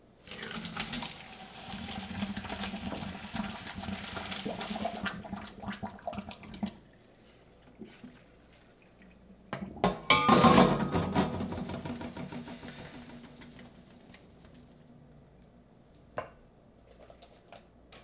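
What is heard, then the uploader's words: Cooking a quick meal: for the first seven seconds water rushes and hisses steadily over a low hum, then things go quiet apart from scattered clicks. Just after ten seconds a sharp crack releases a loud fizzing hiss that fades over several seconds, followed by one late tap. Cooking Pasta. It consisted of prepackaged ravioli, asparagus, red pepper, garlic, olive oil, salt and pepper. You will also hear the sound of a beer being opened about halfway through cooking. It is a stereo recording. Cooking a quick meal.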